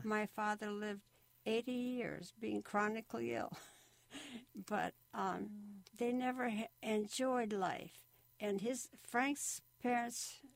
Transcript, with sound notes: My father lived eighty years, being chronically ill. (chuckles) But they never en-- enjoyed life and his – Frank's parents.